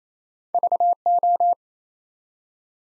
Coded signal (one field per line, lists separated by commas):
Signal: Morse code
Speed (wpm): 27 wpm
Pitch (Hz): 700 Hz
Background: none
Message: VO